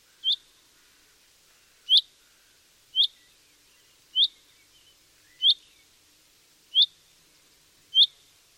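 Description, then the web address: Common chaffinch repeating a short, sharp, high call note about once every one to one and a half seconds, steady and insistent, with quiet background hiss. "Deverinetal"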